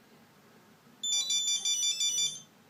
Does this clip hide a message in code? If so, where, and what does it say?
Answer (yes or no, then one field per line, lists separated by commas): no